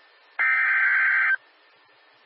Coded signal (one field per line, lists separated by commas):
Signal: Emergency Alert System (SAME) tones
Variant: header bursts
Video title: [TRIPLE HEADER!] NOAA Weather Radio - EAS #474 - 476 - TORR, SVR, TOR, 2/20/14 8:01 PM